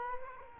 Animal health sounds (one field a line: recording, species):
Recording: mosquito wingbeat signal from an infrared sensor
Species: Culex quinquefasciatus